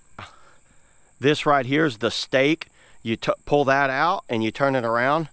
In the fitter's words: pops into place like that